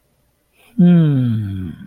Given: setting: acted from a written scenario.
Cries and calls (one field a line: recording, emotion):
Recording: vocal sound without words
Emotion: neutral